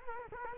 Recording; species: mosquito wingbeat signal from an infrared sensor; Culex quinquefasciatus